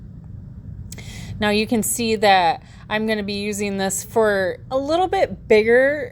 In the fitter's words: you pop the other one on and it will click in place when it is ready to be used